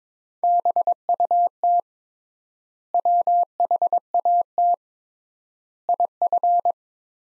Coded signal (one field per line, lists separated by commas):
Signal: Morse code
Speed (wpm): 22 wpm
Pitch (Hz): 700 Hz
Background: none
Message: BUT WHAT IF